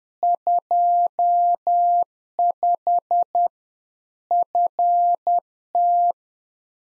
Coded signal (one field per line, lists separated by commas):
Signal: Morse code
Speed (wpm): 10 wpm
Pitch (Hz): 700 Hz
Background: none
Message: 25 FT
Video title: Practice QSO - Exchange 2- Info - 10wpm